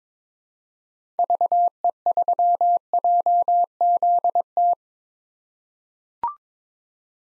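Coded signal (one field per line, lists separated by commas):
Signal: Morse code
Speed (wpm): 21 wpm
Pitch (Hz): 700 Hz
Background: none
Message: VE3JZT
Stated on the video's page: Morse code head-copy drill of common POTA activator call signs at 22 wpm, each sent, spoken, then sent again.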